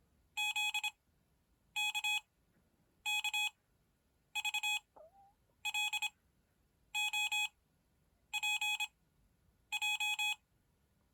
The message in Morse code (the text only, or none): Z K K V L O P J